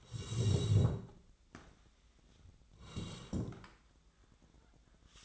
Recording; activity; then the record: daily activity, microphone in the room; sit down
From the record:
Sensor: 3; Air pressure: 1012.2 hPa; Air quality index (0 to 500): 174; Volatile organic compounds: 3 ppm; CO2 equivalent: 1337 ppm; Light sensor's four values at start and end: 94/207/100/114 and 57/146/64/69